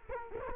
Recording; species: mosquito wingbeat signal from an infrared sensor; Culex quinquefasciatus